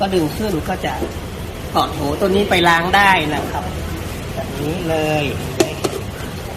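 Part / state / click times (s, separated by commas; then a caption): beater attachment into stand mixer head / seated / 5.6 s, 5.9 s. A removable beater attachment, taken off for washing, is pushed back into the head of an NT-B7 7-litre stand mixer while someone talks. Two short, sharp knocks are heard at 5.6 s and 5.9 s as the attachment locks into place on its locking catch.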